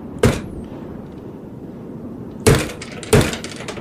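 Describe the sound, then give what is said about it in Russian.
Three heavy, sharp blows strike a wooden door bearing a large wooden cross as a man knocks and then kicks it open, the first alone and the last two close together, each a loud cracking thud over a low, steady background rumble. “Он чуть отступил и ударил по двери ногой.”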